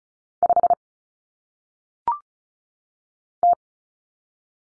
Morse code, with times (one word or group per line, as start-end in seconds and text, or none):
0.4-0.7 5
3.4-3.5 T